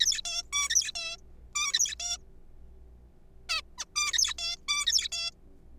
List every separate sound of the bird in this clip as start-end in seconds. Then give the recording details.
0.00-0.21, 0.25-0.42, 0.53-0.69, 0.70-0.91, 0.95-1.17, 1.55-1.95, 2.00-2.17, 3.49-3.62, 3.78-3.85, 3.96-4.13, 4.13-4.33, 4.38-4.57, 4.68-4.86, 4.87-5.08, 5.12-5.31. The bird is a juvenile. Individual R3428